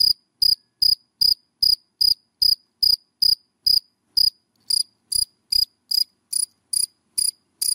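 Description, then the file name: Cricket chirps, shrill and evenly spaced, about two and a half per second, with a short gap partway through. Crickets named in Vietnamese: dế mèn, dế cơm and dế than, calling. "Tieng de men de com de than keu"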